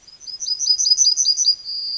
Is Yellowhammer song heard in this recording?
yes